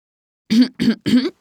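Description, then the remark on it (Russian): A voice imitates an old man in a theatre audience coughing, clearing his throat and blowing his nose: three short, rough, voiced bursts in quick succession, fairly loud, with no other sound around them. “Это старичок в зале откашливается и сморкается.”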